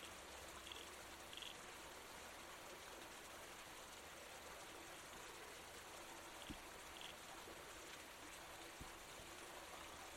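A babbling creek runs steadily, a dense, even rush of water with a bright hiss over a softer low murmur. Small chirpy trickles surface now and then, and a couple of brief knocks sound around six and a half and nine seconds.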